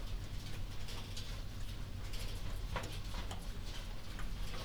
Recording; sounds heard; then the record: poultry house recording; no chicken sound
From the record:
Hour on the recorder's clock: 21